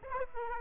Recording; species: mosquito wingbeat signal from an infrared sensor; Aedes aegypti